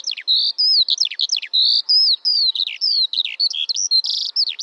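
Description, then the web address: Bird song, a fast run of high whistled slurs, sharp downward chirps and short buzzy notes, delivered almost without pause. "Bird Only"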